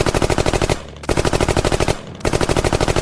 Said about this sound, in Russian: Почти все 50 солдат открыли шквальный автоматный огонь, вырвавшую кусок груди вместе с сердцем Куликова огромную многоножку.